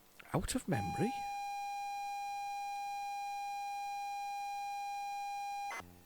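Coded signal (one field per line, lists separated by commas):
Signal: ZX Spectrum tape loading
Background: speech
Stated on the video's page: Loading from an unknown ZX Spectrum cassette tape, with possible tape errors.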